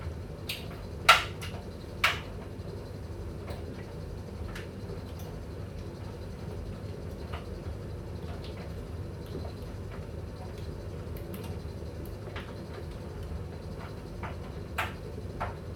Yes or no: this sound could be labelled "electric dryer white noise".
yes